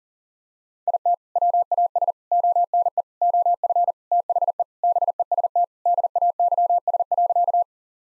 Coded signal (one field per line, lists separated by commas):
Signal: Morse code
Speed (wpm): 40 wpm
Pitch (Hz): 700 Hz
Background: none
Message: IT WAS ONE OF THE BEST DAYS.